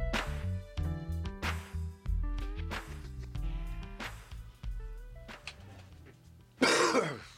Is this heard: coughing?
yes